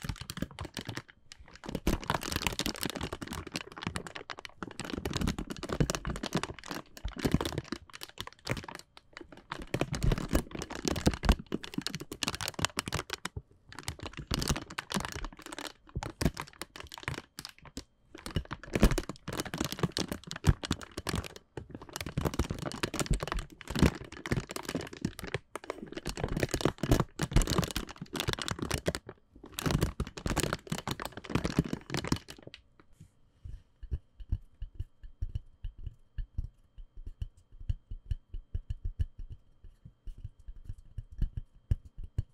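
Bubble wrap packing material is crinkled and crackled in dense, irregular bursts, then after about 32 seconds only faint, sparse ticks remain.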